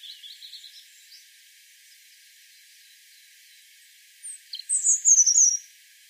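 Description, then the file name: European robin: soft high twittering notes, a long quiet gap, then one brief, very high, bright warbled phrase. "Erithacus rubecula"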